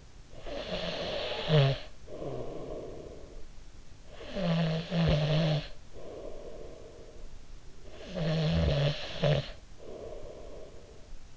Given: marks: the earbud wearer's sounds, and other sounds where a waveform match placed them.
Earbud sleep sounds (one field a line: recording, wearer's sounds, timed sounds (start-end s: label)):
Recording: sounds in sleep by an in-ear microphone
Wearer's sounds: snoring breath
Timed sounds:
0.00-7.37 s: snoring breath
7.60-11.37 s: snoring breath